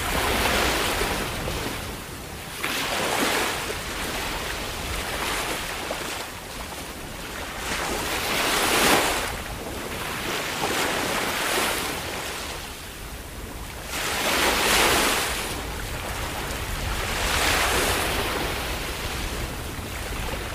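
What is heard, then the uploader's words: Ocean waves wash in and break in a steady rhythm, a bright hissing surge arriving roughly every three seconds, strongest near 9 and 15 seconds. Between breakers a constant wash of foam remains, with low rumbling wind buffeting underneath throughout. Waves in Winter: ambient soundscape.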